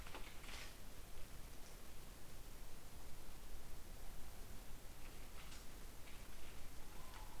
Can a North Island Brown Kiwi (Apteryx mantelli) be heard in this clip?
no